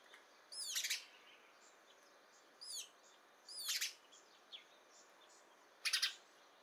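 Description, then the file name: House sparrow chirps, short clusters of harsh notes in bursts about every one to two seconds, with quiet gaps between and faint background hiss. "Passer domesticus"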